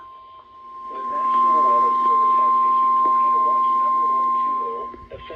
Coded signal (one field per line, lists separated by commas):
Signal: Emergency Alert System (SAME) tones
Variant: 1050 Hz attention tone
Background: speech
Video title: EAS #1124 & #1125 Tornado Watches￼